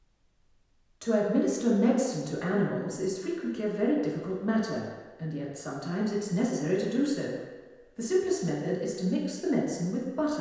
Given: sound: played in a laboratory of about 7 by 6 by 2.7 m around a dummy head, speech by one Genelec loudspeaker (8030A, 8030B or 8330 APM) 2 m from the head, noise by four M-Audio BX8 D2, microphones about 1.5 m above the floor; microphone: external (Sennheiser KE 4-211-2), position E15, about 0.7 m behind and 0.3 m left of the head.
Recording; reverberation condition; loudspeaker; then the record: female speech in English; high; 120 degrees to the right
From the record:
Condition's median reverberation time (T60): about 1300 ms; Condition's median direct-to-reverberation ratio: about -4.0 dB